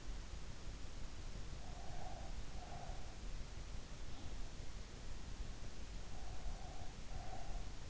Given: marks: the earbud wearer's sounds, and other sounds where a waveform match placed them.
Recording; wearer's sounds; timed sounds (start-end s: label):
sounds in sleep by an in-ear microphone; breath
1.52-3.21 s: breath
6.08-7.90 s: breath